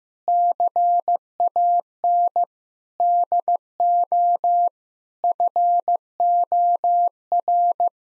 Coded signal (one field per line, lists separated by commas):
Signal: Morse code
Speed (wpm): 16 wpm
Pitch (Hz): 700 Hz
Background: none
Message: CAN DO FOR